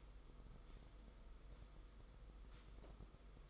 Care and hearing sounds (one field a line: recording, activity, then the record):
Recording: daily activity, microphone in the room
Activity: sweep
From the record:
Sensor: 5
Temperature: 22.3 degrees Celsius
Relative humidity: 52.2%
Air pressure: 990.7 hPa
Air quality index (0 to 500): 163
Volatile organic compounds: 287 ppm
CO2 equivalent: 4452 ppm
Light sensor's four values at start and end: 43/131/50/54 and 42/130/50/53